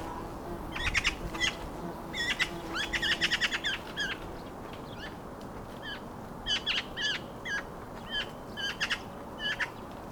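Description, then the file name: Eurasian magpie giving harsh, rattling chatter in short bursts of rapid dry notes, repeated several times. "Pica pica"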